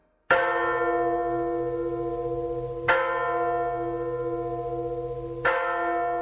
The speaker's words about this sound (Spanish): Dicen que el 24 de junio, día de San Juan, las personas que son caritativas y generosas oyen el tañido de la campana que reposa en el fondo del lago.